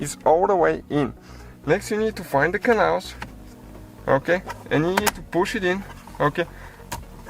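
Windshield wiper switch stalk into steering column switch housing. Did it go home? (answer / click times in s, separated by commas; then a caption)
yes / 6.9 s. A new plastic windshield wiper switch stalk on a 2009–2017 Ford Fiesta MK7 is pushed along its guide channels into the steering column switch housing while someone talks. A single sharp click at 6.9 s shows the stalk has latched and seated in the housing.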